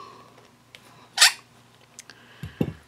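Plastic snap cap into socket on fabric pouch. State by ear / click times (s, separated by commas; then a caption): not seated / none. A plastic snap cap and stud are squeezed together with snap pliers through the fabric of a key fob card pouch to join the cap to its socket. A loud, bright squeeze burst comes around 1.2 s, with light ticks at 0.8, 2.0 and 2.1 s and low dull thumps near 2.4 and 2.6 s. The snap has not seated or clicked, so it has to be redone.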